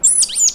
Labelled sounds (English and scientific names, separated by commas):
Stitchbird (Notiomystis cincta) song